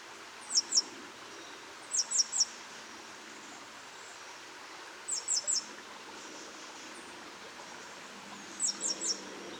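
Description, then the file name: Great tit calls heard as four short clusters of two or three thin, very high notes, spaced a few seconds apart. "Parus major"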